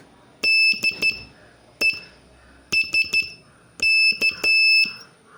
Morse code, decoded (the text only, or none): DESK